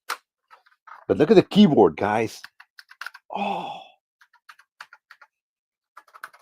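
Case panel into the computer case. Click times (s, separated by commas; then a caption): 0.1 s. A panel of a new black computer case is pressed into the case and snaps home with a sharp click at 0.1 s, seating in place. Someone then talks, and a few light clicks and taps follow near the end.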